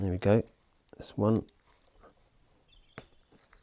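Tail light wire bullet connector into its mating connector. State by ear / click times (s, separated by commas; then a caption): seated / 3.0 s. Someone talks, then the second bullet wire connector of a tail light wire pair on an Ultra Bee tail tidy is pushed home into its mating connector. A short, sharp click is heard at 3.0 s as it seats, confirming the second connector is in.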